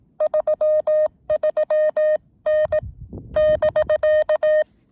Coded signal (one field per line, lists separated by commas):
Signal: Morse code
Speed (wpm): 18 wpm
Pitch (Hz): 610 Hz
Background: none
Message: 33N <BK>